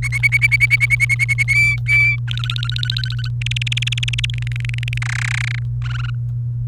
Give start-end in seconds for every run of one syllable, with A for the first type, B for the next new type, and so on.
0.02-1.44 A, 1.48-2.16 B, 2.28-3.28 C, 3.41-4.25 D, 4.30-4.98 E, 5.02-5.59 F, 5.82-6.10 G